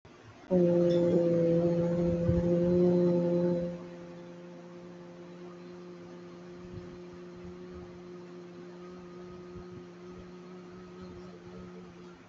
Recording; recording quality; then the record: sustained vowel as in boot; moderate, slight background noise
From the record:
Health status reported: exposed to COVID-19, no respiratory illness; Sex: female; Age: 24 years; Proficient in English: yes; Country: India